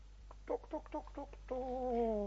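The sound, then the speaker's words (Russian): Poultry in a poultry house on a ship clucking: a quick run of five or six short, choppy clucks, then one longer drawn-out call that slides slightly lower in pitch, all fairly soft with no talking. “Здесь на корабле есть птичник. Посадим его к птицам.”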